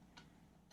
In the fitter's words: first up the bailing arm just clicks into place like that which is quite nice